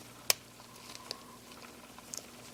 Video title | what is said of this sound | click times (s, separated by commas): Panasonic Lumix ZS19 & ZS20 Lens Disassembly and Reassembly | can feel it snap into place once you get it lined up good now | 0.3 s